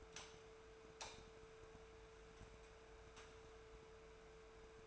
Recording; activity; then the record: daily activity, microphone in the room; light on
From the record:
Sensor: 2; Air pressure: 1014.4 hPa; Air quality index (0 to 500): 173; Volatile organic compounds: 11 ppm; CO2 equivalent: 2286 ppm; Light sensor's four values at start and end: 30/74/32/35 and 31/79/34/37